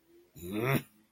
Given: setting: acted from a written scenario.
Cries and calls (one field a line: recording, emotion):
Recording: vocal sound without words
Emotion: disappointment